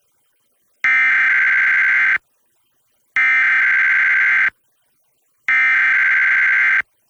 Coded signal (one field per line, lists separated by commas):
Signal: Emergency Alert System (SAME) tones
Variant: header bursts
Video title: EAS #929-930: 2 EAS Required Monthly Tests- May 7, 2024- 10:15AM PDT